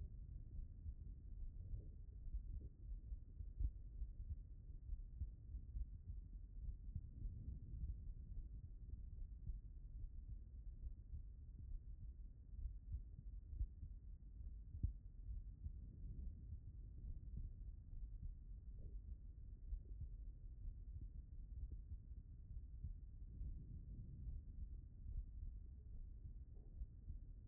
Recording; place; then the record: heart sounds by stethoscope; pulmonary valve (PV)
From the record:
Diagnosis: non-HFrEF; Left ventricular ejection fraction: 62%